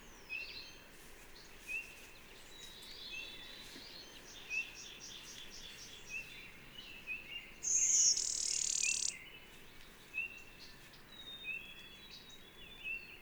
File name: Blue-winged Warbler - Vermivora cyanoptera